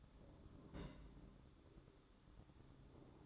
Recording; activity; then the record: daily activity, microphone in the room; place on stove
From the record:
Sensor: 3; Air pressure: 1008.0 hPa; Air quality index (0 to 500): 122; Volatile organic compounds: 2 ppm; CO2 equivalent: 1016 ppm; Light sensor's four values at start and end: 8/20/8/8 and 9/20/8/8